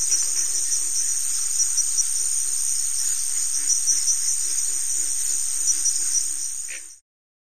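Crickets giving a steady, very high, shimmering trill that runs unbroken, with faint pulsing lower chirps beneath, then cuts off abruptly near the end.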